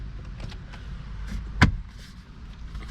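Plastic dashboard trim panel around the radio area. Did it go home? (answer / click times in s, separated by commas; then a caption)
yes / 1.6 s. A plastic dashboard trim panel around the radio area of a 2015–2019 Sonata is lined up and pushed in by hand. After low background noise and a faint tick near 0.5 s, a single sharp snap at 1.6 s marks its clip locking. The panel is seated.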